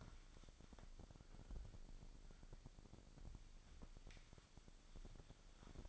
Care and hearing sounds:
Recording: daily activity, microphone in the room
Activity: wipe stove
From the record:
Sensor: 5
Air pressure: 1001.7 hPa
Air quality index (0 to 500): 175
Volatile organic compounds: 10 ppm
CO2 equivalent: 2240 ppm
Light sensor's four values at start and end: 22/77/29/30 and 22/77/29/29

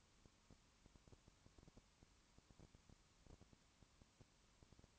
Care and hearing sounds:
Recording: daily activity, microphone in the room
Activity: no activity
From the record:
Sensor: 1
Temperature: 19.2 degrees Celsius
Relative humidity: 37.8%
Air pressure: 1001.1 hPa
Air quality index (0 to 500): 198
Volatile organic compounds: 7 ppm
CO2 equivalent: 1995 ppm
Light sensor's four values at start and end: 1/2/1/1 and 1/2/1/1

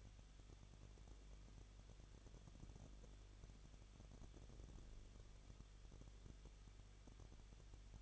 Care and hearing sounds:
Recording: daily activity, microphone in the room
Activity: no activity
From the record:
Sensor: 4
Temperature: 23.0 degrees Celsius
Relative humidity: 34.3%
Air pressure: 1007.3 hPa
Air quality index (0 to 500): 216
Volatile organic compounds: 15 ppm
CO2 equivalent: 2503 ppm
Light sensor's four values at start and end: 2/3/1/1 and 2/3/1/1

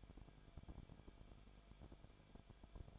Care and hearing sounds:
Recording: daily activity, microphone in the room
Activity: no activity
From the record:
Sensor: 5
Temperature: 20.3 degrees Celsius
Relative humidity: 39.8%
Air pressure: 1010.8 hPa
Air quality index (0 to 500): 166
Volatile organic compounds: 15 ppm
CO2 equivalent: 2510 ppm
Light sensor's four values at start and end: 2/3/1/1 and 2/3/1/1

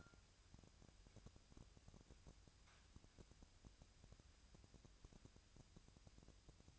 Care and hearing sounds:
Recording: daily activity, microphone in the room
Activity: wipe stove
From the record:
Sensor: 2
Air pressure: 1003.2 hPa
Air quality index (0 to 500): 204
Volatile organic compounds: 6 ppm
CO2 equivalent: 1939 ppm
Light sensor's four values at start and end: 8/19/8/9 and 8/19/8/9

